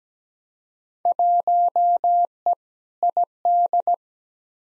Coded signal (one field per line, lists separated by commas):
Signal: Morse code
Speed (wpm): 17 wpm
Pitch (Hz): 700 Hz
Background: none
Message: 1E ID